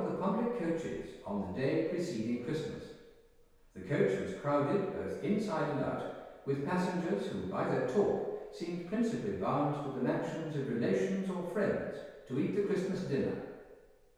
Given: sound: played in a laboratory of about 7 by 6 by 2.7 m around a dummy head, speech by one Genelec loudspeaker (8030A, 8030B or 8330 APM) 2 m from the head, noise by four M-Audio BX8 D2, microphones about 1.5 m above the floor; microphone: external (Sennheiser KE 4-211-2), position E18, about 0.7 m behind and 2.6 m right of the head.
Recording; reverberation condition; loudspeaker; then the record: male speech in English; high; in front (0 degrees)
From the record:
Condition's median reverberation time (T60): about 1300 ms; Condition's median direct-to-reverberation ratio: about -4.0 dB